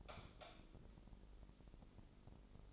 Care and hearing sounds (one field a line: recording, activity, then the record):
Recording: daily activity, microphone in the room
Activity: light off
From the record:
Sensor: 5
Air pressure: 995.4 hPa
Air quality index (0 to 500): 88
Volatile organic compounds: 4 ppm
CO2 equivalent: 1643 ppm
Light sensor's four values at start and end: 36/86/35/35 and 35/81/33/33